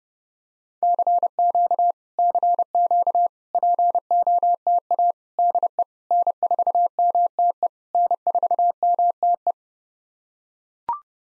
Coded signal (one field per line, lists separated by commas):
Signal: Morse code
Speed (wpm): 27 wpm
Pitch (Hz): 700 Hz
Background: none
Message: CQ CQ POTA DE N4MTE N4MTE